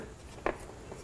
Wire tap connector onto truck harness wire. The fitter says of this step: this side did not click in